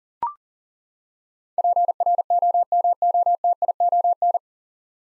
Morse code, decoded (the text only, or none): PROMOTION